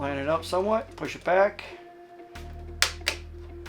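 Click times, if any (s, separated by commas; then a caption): 2.8 s, 3.1 s. Someone talks while a level (shelf section) of a Next Level Displays FB40 plastic reptile rack is lined up and pushed back into the rack frame. Two sharp, loud snaps are heard at 2.8 s and 3.1 s as the level seats into place.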